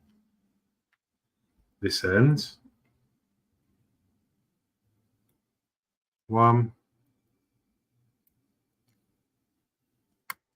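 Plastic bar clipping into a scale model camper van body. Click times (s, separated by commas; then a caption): 8.3 s, 10.3 s. Small plastic bars are pressed one after another into their mounting positions on the body of a 1:8 scale VW T1 Samba model camper van kit while someone talks. A faint click comes at 8.3 s and a sharp, louder click at 10.3 s as the bars snap and seat into place with a satisfying click.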